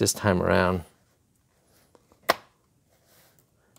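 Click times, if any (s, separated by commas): 2.3 s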